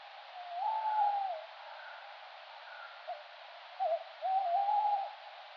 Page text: STRIX ALUCO - TAWNY OWL - ALLOCCO. DATE/TIME: 18/september/2004 (10 p.m.) - POSITION: Perotto Lake (an artificial basin with a dam) - VOCALIZATION TYPE: advertising call (territorial)